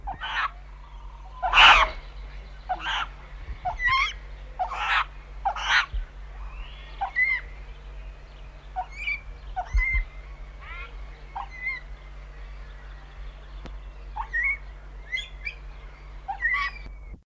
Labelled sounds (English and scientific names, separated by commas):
White-throated Magpie-Jay (Calocitta formosa) call